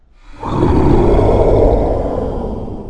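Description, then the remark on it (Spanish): Several monsters roar terribly: a loud, rumbling roar starts abruptly and holds for over two seconds, deep and gravelly, then slowly fades at the end with no talking over it. “Ellos rugieron sus rugidos terribles.”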